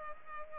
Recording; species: mosquito wingbeat signal from an infrared sensor; Culex pipiens